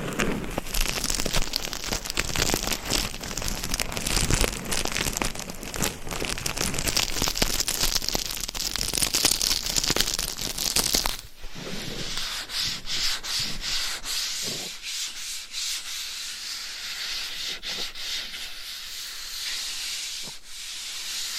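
Gloved fingers scratch and rub across a binaural mic in a dense, continuous rasp, with quick strokes packed tightly together. Around eleven seconds the scratching turns softer and thinner, leaving mostly a high hiss broken by occasional sharper scrapes and taps.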